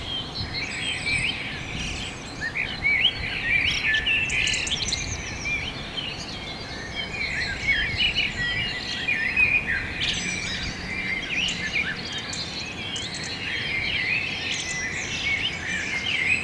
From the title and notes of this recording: Morning Meadow with Birds.